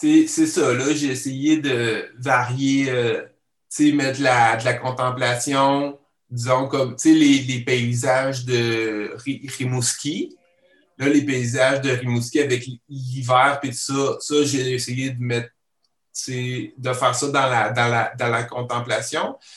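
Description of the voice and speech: An adult man who stutters speaks conversational French at a steady pace with short pauses and several disfluencies: a part-word repetition ('Ri-Rimouski'), a word repetition at the start, and a phrase repeated three times ('dans la, dans la, dans la'). These fit mild stuttering, which he has to manage.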